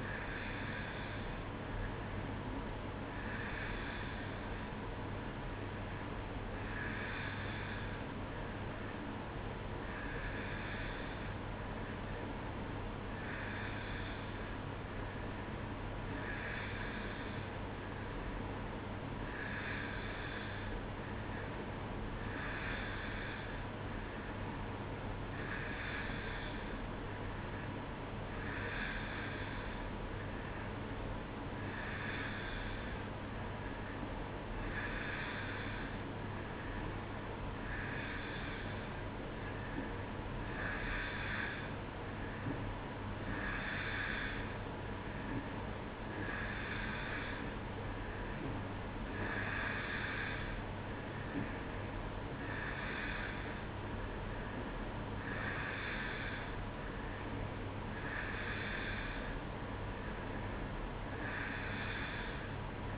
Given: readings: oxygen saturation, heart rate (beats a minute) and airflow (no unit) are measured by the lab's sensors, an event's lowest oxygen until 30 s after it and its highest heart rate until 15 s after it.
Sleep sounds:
breathing in sleep by a voice recorder at the bedside; none
none scored
From the record:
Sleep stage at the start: N2 (light sleep); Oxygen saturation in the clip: 90%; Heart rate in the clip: 64 to 67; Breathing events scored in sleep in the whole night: 305 in 9.6 hours asleep

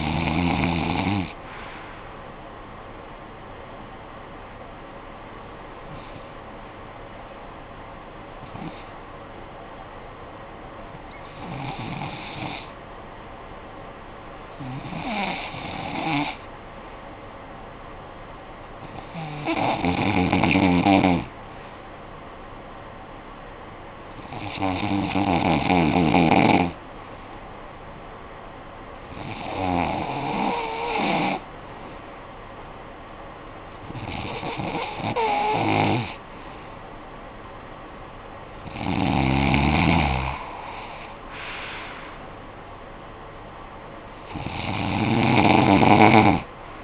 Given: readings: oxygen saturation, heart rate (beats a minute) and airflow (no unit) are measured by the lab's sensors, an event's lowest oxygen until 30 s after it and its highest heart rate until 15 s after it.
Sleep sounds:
breathing in sleep by a voice recorder at the bedside; 1
8.00-30.10 s: hypopnea (REM, oxygen 95% highest, then 91% lowest, heart rate 54 at the start, 76 highest)
From the record:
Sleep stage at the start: REM sleep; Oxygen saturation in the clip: 91 to 95%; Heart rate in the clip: 52 to 76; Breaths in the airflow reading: 11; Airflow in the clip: -16.1 to 9.8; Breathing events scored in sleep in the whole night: 445 in 7.6 hours asleep

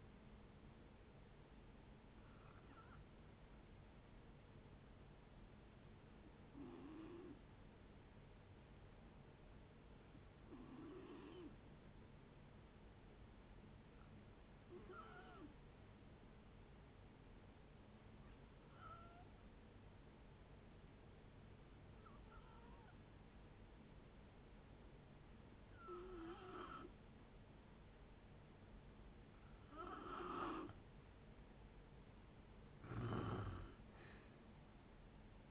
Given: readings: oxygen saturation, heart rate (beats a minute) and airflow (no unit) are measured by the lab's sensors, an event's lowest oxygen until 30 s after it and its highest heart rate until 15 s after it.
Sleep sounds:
breathing in sleep by a voice recorder at the bedside; 1
3.00-30.50 s: hypopnea (N2, oxygen 95% highest, then 86% lowest, heart rate 59 at the start, 67 highest)
From the record:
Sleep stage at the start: N2 (light sleep); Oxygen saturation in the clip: 89 to 95%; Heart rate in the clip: 57 to 65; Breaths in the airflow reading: 9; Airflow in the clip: -5.8 to 5.3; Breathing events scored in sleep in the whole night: 496 in 5.4 hours asleep

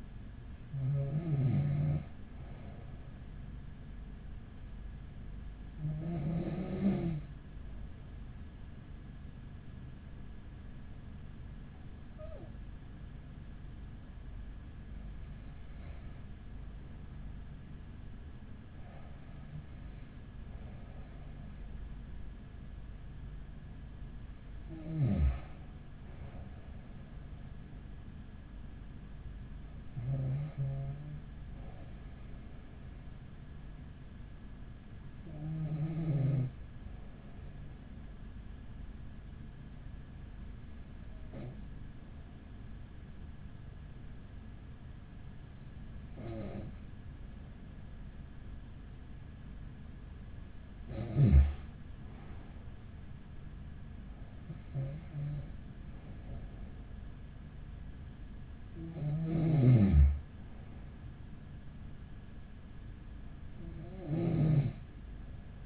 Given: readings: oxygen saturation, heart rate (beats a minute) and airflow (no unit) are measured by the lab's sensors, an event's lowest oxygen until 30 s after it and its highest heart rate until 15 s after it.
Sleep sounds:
breathing in sleep by a smartphone at the bedside; 1
4.00-20.20 s: hypopnea (N1, oxygen 96% highest, then 95% lowest, heart rate 43 at the start, 48 highest)
38.00-65.66 s: new sleep stage, N2 (light sleep)
From the record:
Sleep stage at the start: N1 (lightest sleep); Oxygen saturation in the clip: 95 to 96%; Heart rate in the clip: 39 to 49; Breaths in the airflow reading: 14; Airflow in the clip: -6.8 to 13.4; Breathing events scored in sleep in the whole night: 207 in 7.6 hours asleep

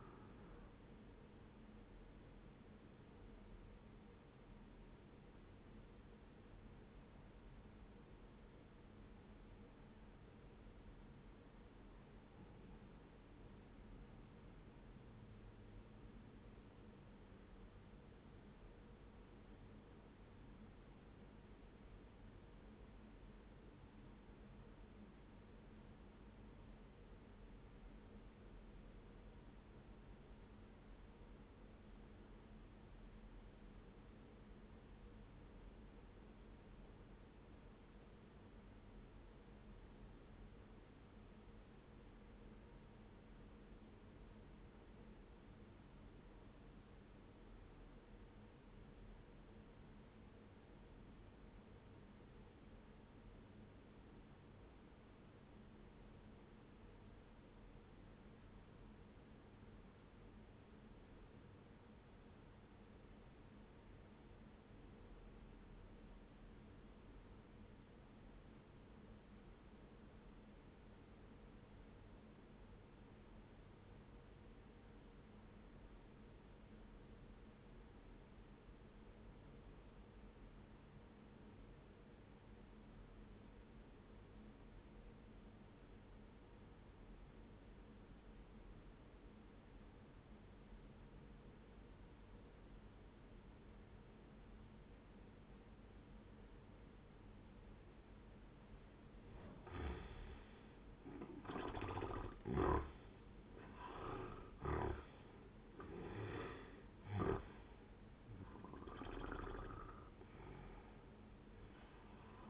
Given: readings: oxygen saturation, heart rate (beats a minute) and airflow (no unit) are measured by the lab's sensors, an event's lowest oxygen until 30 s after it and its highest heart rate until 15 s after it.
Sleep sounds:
breathing in sleep by a voice recorder at the bedside; 1
3.00-33.00 s: new sleep stage, N1 (lightest sleep)
10.00-100.20 s: obstructive apnea (N1, oxygen 97% highest, then 75% lowest, heart rate 60 at the start, 96 highest)
33.00-112.50 s: new sleep stage, REM sleep
From the record:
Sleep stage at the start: N2 (light sleep); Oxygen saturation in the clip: 80 to 97%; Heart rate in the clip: 58 to 95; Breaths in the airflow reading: 6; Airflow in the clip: -15.2 to 17.2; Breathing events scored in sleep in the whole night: 131 in 7.2 hours asleep

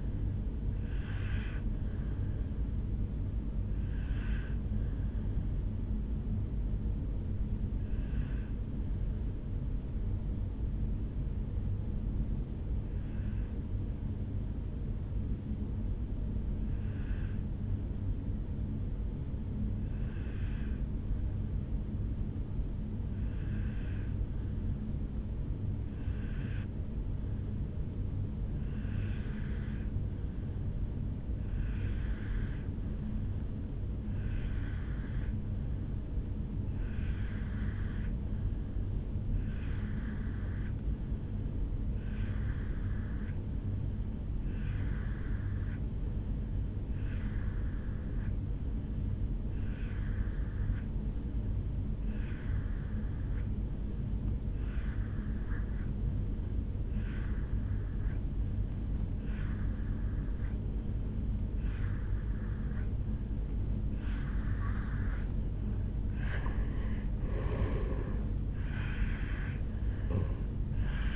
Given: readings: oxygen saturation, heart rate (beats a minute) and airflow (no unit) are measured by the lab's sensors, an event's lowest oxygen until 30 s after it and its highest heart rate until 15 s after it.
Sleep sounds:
breathing in sleep by a smartphone at the bedside; 1
10.00-64.90 s: obstructive apnea (N1, oxygen 97% highest, then 84% lowest, heart rate 53 at the start, 77 highest)
19.00-71.16 s: new sleep stage, N2 (light sleep)
From the record:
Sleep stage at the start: N1 (lightest sleep); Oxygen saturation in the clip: 85 to 97%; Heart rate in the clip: 53 to 77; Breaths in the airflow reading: 4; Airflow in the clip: -7.8 to 3.2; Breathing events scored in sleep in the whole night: 449 in 7.0 hours asleep

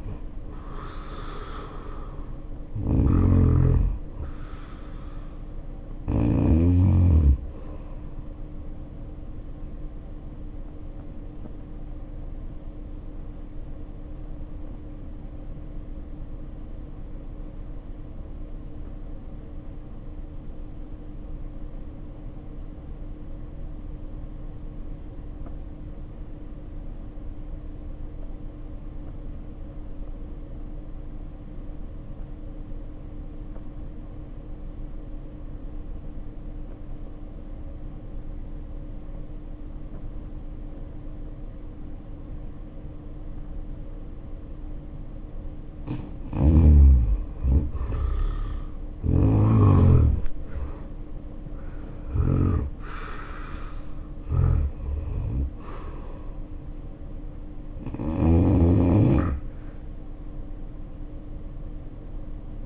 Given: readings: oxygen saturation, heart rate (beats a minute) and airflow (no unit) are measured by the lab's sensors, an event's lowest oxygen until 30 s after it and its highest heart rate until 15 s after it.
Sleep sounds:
breathing in sleep by a smartphone at the bedside; 1
16.00-46.90 s: obstructive apnea (N1, oxygen 91% highest, then 68% lowest, heart rate 56 at the start, 81 highest)
From the record:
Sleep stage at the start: N1 (lightest sleep); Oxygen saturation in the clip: 69 to 91%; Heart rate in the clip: 55 to 82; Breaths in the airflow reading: 8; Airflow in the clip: -13.1 to 8.1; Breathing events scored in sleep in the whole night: 520 in 7.2 hours asleep

